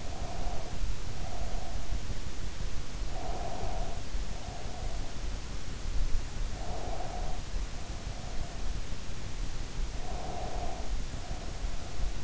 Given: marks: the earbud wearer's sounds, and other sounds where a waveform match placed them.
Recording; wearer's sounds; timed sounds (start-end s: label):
sounds in sleep by an in-ear microphone; breath
0.00-1.94 s: breath
3.01-5.16 s: breath
6.52-8.76 s: breath
9.87-12.24 s: breath